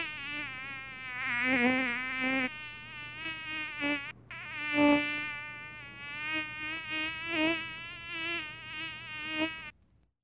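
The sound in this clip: Mosquito buzzing, a high droning whine that wobbles in pitch, pauses briefly midway, then resumes with surging, fading passes before stopping.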